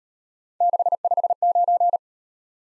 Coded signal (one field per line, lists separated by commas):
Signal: Morse code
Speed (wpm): 38 wpm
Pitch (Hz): 700 Hz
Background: none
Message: 659